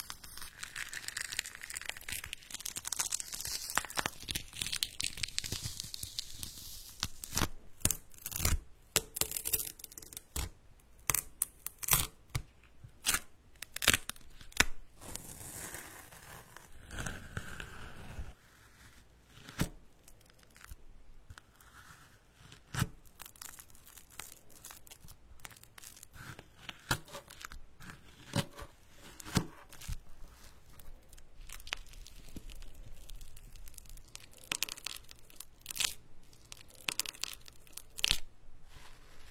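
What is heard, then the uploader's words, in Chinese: Fruit being peeled and torn, dense bright tearing and crinkling at first, then sparser sharp crackles. 应季水果的声音！提子、橙子、香蕉、柚子、石榴。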